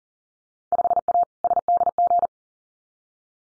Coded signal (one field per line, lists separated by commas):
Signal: Morse code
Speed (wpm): 39 wpm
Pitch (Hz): 700 Hz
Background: none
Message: 5A SDG